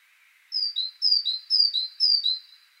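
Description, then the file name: Great tit calling, a clear two-note phrase with a high note dropping to a lower one, repeated four times in quick succession. "Parus major"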